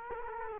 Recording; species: mosquito wingbeat signal from an infrared sensor; Culex quinquefasciatus